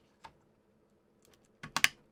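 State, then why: Seated. A DDR5 RAM stick is pressed down into the DIMM slot of an MSI MPG B650 Carbon WiFi motherboard until its retention latches click shut and the module is seated. A faint tap at 0.3 s and soft ticks around 1.3 s and 1.6 s come first, then two sharp latch clicks at 1.8 s and 1.9 s, the second the loudest.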